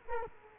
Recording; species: mosquito wingbeat signal from an infrared sensor; Culex quinquefasciatus